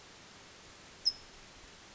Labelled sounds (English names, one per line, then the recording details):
California Towhee
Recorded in Sonoma County, California